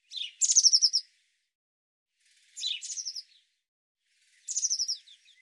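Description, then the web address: Eurasian blue tit giving three high, buzzy chattering calls, each a thin sharp note followed by a scolding churr, spaced about two seconds apart. "cianscape birddata Deverinetal 2025 File cleaned normalized Bird Cy Ca"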